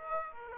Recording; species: mosquito wingbeat signal from an infrared sensor; Aedes aegypti